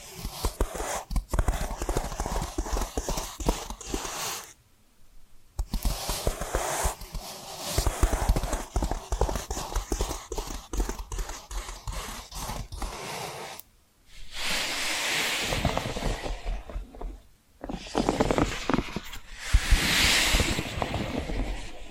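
Dense, rapid tapping and scratching runs nearly continuously, with crisp bright clicks, broken by short silent gaps near 5, 14, and 17 seconds.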